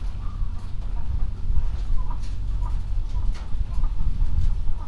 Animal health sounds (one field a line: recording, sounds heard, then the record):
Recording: poultry house recording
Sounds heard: healthy chickens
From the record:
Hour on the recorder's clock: 21